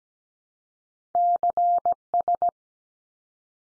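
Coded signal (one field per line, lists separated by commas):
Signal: Morse code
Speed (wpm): 17 wpm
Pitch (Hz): 700 Hz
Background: none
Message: CS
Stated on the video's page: Morse code abbreviation head-copy drill at 17 wpm, each sent in Morse, spoken, then sent again.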